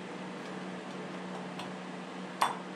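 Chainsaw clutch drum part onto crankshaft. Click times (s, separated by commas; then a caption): 2.4 s. During reassembly of a chainsaw, a metal part, probably the clutch drum on the crankshaft before the washer and circlip go on, is worked onto its spot over a steady low hum with a few faint ticks. A sharp click at 2.4 s marks the part engaging, and it is seated.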